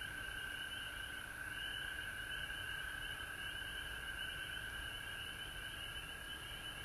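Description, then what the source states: Frog chorus of steady droning tones and softer overlapping trills, running without pause over faint low noise. Several frogs recorded at home in Georgia on March 19, 2020.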